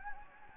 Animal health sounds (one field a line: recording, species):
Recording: mosquito wingbeat signal from an infrared sensor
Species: Anopheles gambiae